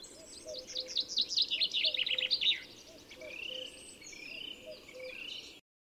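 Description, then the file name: Common chaffinch song, a fast cascade of clipped, descending notes lasting about two seconds, then a drawn-out whistle, with another bird's low notes repeating steadily underneath. "Fringilla coelebs"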